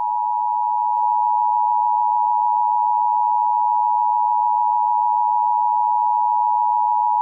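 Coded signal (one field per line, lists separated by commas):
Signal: Emergency Alert System (SAME) tones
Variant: 853 and 960 Hz attention tone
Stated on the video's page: Fake tornado watch alert.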